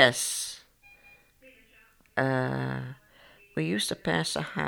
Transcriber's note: there is an announcement made on a public address system in the background